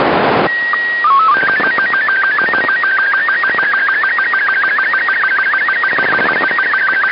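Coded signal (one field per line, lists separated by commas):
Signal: SSTV (slow-scan television)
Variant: Robot 36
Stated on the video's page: SSTV of random family pictures on hijacked military VHF/UHF satellite downlinks, 250–380 MHz, received with an AOR AR-8600.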